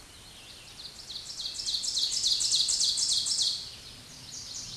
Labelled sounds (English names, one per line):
Ovenbird song